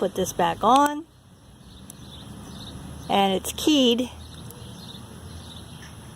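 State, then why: Not seated. Someone talks while handling the plastic cover of a solar-powered garden fountain pump, fitting it back over the propeller onto the pump housing; the cover is keyed. Between the bursts of talk, faint taps at about 1.9 and 4.5 seconds sit over steady background noise. The cover has not seated or snapped on yet.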